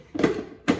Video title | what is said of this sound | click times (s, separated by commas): Amazon appliances Yay or Nay! | the top just locks into place and then you add a little bit of ice cream at first | 0.7 s